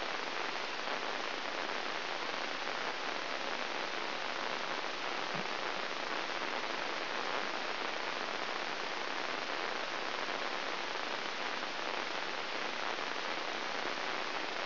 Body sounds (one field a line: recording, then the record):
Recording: brain microelectrode recording played as sound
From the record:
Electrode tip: inside the subthalamic nucleus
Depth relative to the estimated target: -2 mm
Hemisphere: left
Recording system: AlphaMap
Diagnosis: Parkinson's disease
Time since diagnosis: 20 years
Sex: female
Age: 65 years